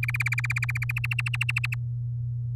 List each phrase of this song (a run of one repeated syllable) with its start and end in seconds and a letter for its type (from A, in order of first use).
0.03-0.92 A, 0.96-1.75 B